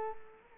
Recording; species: mosquito wingbeat signal from an infrared sensor; Culex quinquefasciatus